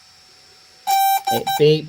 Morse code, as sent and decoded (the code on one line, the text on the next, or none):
none